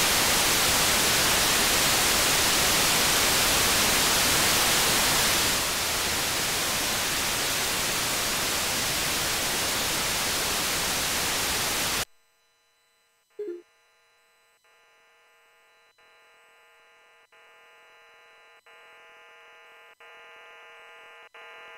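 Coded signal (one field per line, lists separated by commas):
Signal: HF data modem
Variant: VARA FM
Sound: loud full-band hiss for twelve seconds, a short blip, then a steady buzzy multi-tone data block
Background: radio static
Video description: Testing VARA-FM wide-mode communications on a tabletop with two radios connected to two separate sets of VARA-FM modem and VarAC application on the same PC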